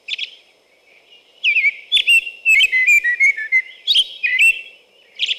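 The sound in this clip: American robin song: a brief note, a short pause, then a run of clear, warbled whistled phrases with thin high squeaky notes mixed in.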